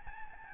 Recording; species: mosquito wingbeat signal from an infrared sensor; Aedes albopictus